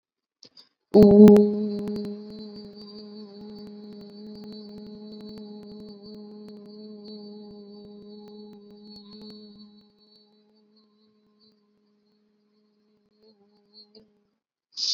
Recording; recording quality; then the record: sustained vowel as in boot; excellent, no background noise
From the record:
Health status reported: respiratory illness, not identified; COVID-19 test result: not tested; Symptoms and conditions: sore throat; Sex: female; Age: 28 years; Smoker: not ticked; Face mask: not worn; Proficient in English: yes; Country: India